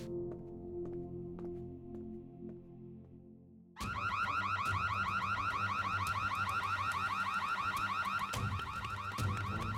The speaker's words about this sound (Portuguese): Pensei que você fosse cuidar do alarme. Deve ser um alarme reserva, se pegarem a gente.